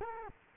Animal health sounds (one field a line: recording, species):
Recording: mosquito wingbeat signal from an infrared sensor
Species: Culex quinquefasciatus